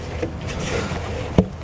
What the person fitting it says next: and then they just pop into place I like that boom